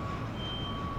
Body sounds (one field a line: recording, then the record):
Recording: background sound without coughing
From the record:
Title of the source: 30 MINUTES Construction Site Ambience (CC BY 4.0)